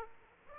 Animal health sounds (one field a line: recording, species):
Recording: mosquito wingbeat signal from an infrared sensor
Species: Aedes aegypti